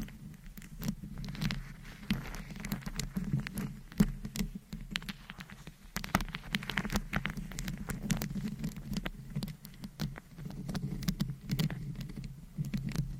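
Long nails scratch and tap against a microphone covered in rhinestones, making dense, rapid clicks and scrapes with no pauses. A low rumbling rub runs steadily underneath, swelling in waves, while sharp taps land irregularly throughout, with a hard one near four seconds.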